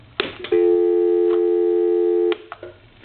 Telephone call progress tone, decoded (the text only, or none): dial tone